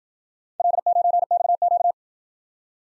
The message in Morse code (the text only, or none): L9XQ